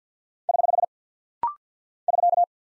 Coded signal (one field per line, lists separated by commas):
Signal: Morse code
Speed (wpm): 48 wpm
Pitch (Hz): 700 Hz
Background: none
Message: <HH> <SK>